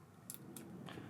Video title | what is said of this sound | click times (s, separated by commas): 1080p Scouting Trail Camera - Setup & Features | and push it down until it clicks, just | 0.3 s